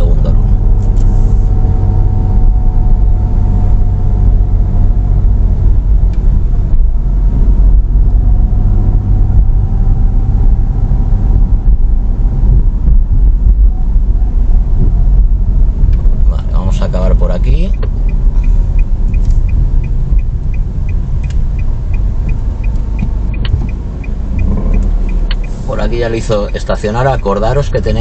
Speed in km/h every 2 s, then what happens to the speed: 24, 24, 22, 22, 25, 25, 24, 21, 19, 15, 11, 0, 4, 3.
0-12 steady at about 24. 12-22 slows to 0. 22-28 steady at about 3.